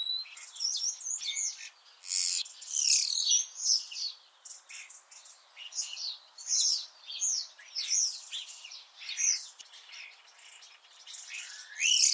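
Common starling song: dense, high, scratchy warbling in rapid bursts, mixing squeaks, rattles and short whistles almost without pause.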